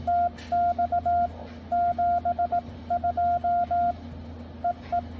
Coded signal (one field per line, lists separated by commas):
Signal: Morse code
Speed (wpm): 17 wpm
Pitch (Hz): 700 Hz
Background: none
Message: TX 72 EE